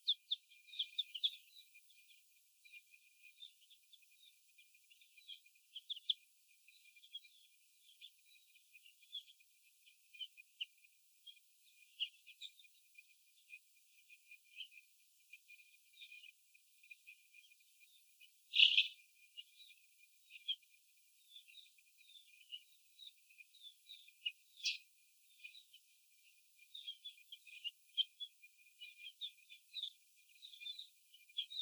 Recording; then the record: young laying hens in a cage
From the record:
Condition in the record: after the stressor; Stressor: sudden umbrella opening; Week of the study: 2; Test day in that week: 1